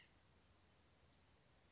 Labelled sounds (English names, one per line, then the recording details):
White-breasted Nuthatch
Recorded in Sonoma County, California